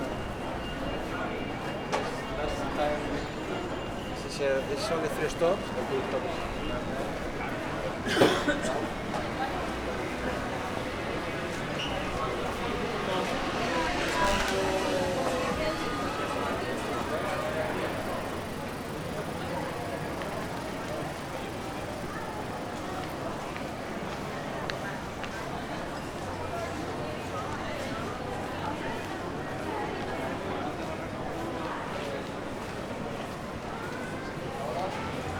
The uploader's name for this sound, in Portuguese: Pequeno percurso na Puerta del Sol